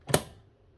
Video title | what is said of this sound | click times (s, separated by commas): Unboxing et crash test de la Ninja Creami Deluxe -- MON avis sincère sur cette machine🤫😱😉 | faut jusqu'à entendre le petit clip | 0.1 s